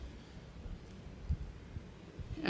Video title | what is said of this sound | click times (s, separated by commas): Let's make the Avellana by Shamballa! | okay then you're gonna place this over the end and then you're just going to bring the cylinder down over it until it clicks with the bottom | 2.5 s